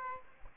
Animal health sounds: mosquito wingbeat signal from an infrared sensor; Aedes aegypti

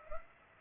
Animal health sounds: mosquito wingbeat signal from an infrared sensor; Culex pipiens

